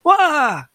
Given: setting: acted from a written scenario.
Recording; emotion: vocal sound without words; positive surprise